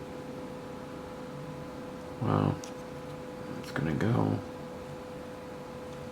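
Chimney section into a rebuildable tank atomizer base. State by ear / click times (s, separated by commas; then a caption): not seated / none. A metal chimney section of a rebuildable vape tank atomizer is handled over the deck of its base while someone talks in two short bursts over a steady low hum. The part has not seated or clicked in yet when the clip ends.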